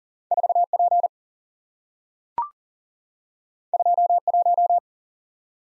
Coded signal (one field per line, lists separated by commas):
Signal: Morse code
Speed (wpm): 41 wpm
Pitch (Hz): 700 Hz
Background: none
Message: 4 P 2 1